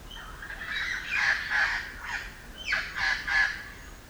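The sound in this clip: Red-crowned parrot giving harsh, raspy squawks in a loose series, several broad noisy calls with a few sharp downslurred notes near the end.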